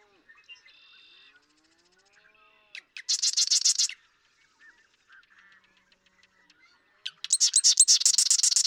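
Marsh Wren song, fast buzzy rattles delivered twice with a few seconds between, preceded by short ticks.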